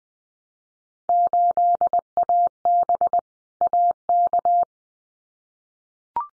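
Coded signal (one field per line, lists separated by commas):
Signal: Morse code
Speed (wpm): 20 wpm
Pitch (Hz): 700 Hz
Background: none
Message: 8AB AK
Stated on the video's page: Field Day contest exchange drill at 20 wpm, each exchange sent in Morse code, spoken, then sent again for head-copy practice.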